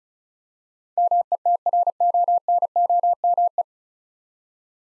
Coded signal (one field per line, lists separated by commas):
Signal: Morse code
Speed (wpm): 36 wpm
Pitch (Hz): 700 Hz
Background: none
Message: METRONOME